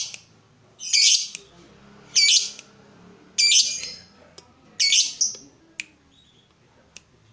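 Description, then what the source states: Yellow-vented bulbul uttering four loud, harsh chattering bursts about every one and a quarter seconds over a faint low background hum. Used as a bird lure.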